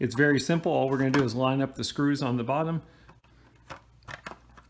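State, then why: Seated. Someone talks, then a plastic baffle is lined up with the screws on the bottom of a Wingscapes (Moultrie) Automatic Bird Feeder and given a small twist. Faint handling noises follow, then two sharp clicks at 4.1 s and 4.3 s as the screws lock into place and the baffle seats on the feeder.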